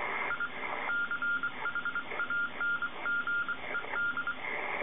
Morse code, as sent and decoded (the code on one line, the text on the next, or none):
.. / -.-. .... .- -. --. . -..
I CHANGED